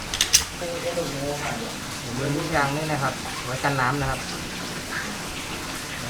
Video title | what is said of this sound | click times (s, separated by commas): วิธีการติดตั้ง Micro Inverter 1600W by Infosat | มันดังแก๊กนะครับแล้ว | 0.2 s